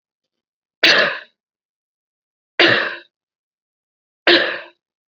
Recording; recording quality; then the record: heavy voluntary cough; excellent, no background noise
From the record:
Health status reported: COVID-19 positive, mild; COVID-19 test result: positive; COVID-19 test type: rapid antigen test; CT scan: not taken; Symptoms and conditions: cough, fever, fatigue, muscle pain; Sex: female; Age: 36 years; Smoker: no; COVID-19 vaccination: both doses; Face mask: worn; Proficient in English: yes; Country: India